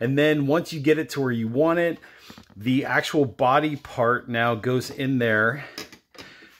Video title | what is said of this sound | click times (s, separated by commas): 1630 OurOkHome Hand Crank Cheese Grater Rotary Shredder Mandolin Slicer 3 Interchangeable Blades how | like so right and it'll click into place so you hear that click | 5.9 s